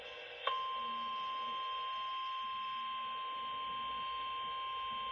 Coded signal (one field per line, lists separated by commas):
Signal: Emergency Alert System (SAME) tones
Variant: 853 and 960 Hz attention tone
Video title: (EAS #2,008 - #2,011) CAUGHT OFF GUARD.... YES... AGAIN.... - EAS Alerts from 9/21/24